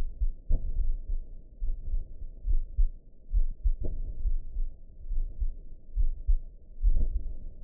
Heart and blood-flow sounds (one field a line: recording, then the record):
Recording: heart sounds by optical stethoscope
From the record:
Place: pulmonary valve (PV)